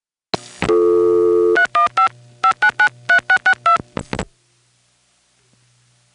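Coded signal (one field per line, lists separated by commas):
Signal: DTMF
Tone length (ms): 100 ms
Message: 315 5993662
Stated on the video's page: Sounds of the old analog telephone network, 1971–81.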